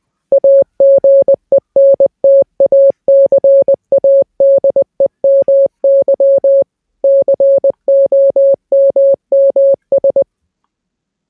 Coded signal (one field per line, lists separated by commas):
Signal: Morse code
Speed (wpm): 20 wpm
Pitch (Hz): 550 Hz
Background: none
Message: AGENT ACADEMY COMMS